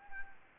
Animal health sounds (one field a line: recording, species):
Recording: mosquito wingbeat signal from an infrared sensor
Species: Anopheles arabiensis